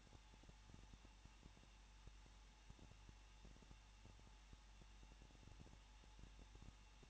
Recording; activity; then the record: daily activity, microphone in the room; no activity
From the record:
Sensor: 1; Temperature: 20.1 degrees Celsius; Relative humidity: 39.2%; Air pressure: 1006.3 hPa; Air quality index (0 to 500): 218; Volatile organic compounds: 77 ppm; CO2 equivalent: 3584 ppm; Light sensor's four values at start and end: 1/2/1/1 and 1/2/1/1